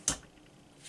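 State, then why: Released. A steel guide rod is pushed back until it clicks free of the back plate during disassembly of an IWI Tavor SAR rifle. A single sharp click at 0.1 s carries bright high-frequency energy, then fades into quiet, with a faint high hiss near the end. The guide rod is released from the back plate.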